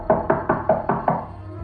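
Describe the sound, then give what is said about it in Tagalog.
A quick run of six sharp knocks on a door, evenly spaced with a brief pause before the last two, each hit solid and firm, the knocking growing louder, with nothing else heard. “Sa umpisa ay mahina lang ang katok at mabagal. Pero palakas ito ng palakas na parang gusto talagang buksan ang pinto.”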